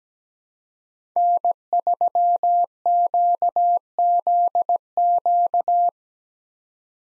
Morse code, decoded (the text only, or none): N3QZQ